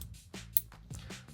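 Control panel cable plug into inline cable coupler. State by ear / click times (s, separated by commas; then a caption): seated / 0.6 s. A cable plug from the back of a Delta SimpleSteam kit control panel is pushed into the other side of an inline cable coupler. Beneath a low background hum and some soft rustles, a sharp click is heard at 0.6 s. The connection is seated tight.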